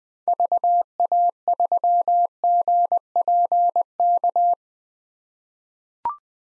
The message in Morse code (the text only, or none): VA3GPK